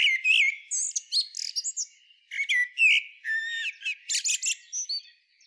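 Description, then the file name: Common blackbird song of high slurred whistles and twittering chirps, in two busy phrases separated by a brief pause. "Turdus merula"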